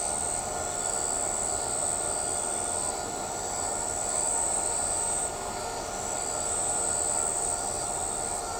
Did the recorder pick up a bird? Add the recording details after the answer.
no. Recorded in shrubland near Pivijay, Magdalena, Colombia, on 17 April 2023 at 21:30. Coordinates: 10.453, -74.365. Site P5-G022